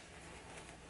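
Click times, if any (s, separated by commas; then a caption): none. The magnetic closure flap on the front of a Nobis Cartel winter bomber jacket, with magnets embedded in the fabric, is being brought together by hand. Only a steady, even broadband noise is heard for the 0.9 seconds, with no distinct hits. Nothing has snapped or seated yet.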